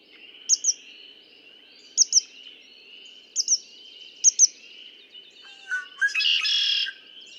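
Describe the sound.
Red-winged blackbird song ending in a rough, buzzy trill, after a few paired high chips over a steady background.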